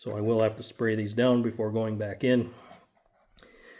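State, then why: Seated. Someone talks about a Nissan Pathfinder 4.0L V6 while the plastic upper section of the radiator fan shroud is pushed onto its radiator mount. A single sharp click is heard at 3.4 s as the piece snaps into place.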